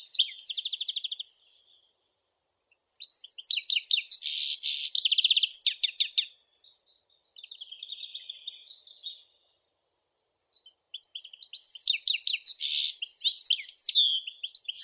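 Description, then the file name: European goldfinch song: bursts of bright, twittering high notes and rapid buzzy trills with short pauses between phrases, then a long tinkling run. "Golosa ptic - CSHegol Carduelis carduelis"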